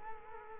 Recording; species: mosquito wingbeat signal from an infrared sensor; Culex quinquefasciatus